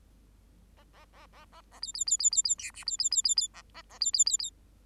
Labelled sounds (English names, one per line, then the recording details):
Bengalese Finch song
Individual Bird8